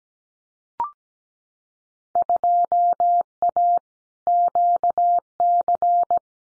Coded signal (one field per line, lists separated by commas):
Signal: Morse code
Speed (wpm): 17 wpm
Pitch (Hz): 700 Hz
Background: none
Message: 2A QC